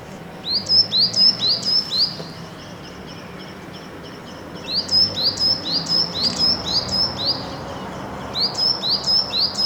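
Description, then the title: Great tit song, a ringing two-note motif repeated quickly in three bursts, the second the longest. Seen with difficulty on a balcony; described as small and elusive; song called elegant and simple. "Mallarenga Carbonera"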